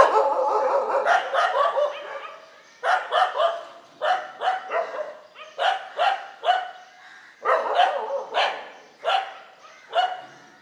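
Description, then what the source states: Dogs barking steadily, a dense series of sharp barks from more than one animal, repeated throughout. Several dogs, morning street ambience on Mission Street, MG Road Area, Puducherry, India.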